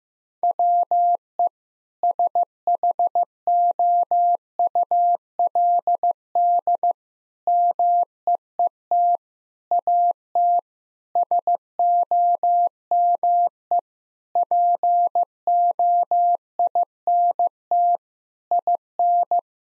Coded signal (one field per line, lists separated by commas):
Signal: Morse code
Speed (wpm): 15 wpm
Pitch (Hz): 700 Hz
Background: none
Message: WE SHOULD MEET AT SOME POINT IN